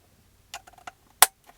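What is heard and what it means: A plastic USB port module is slid into its opening in the console panel of a Toyota RAV4 during a wireless phone charging install. A few light scraping taps come first, then a sharp, loud snap at 1.2 s as the module seats and clicks in place.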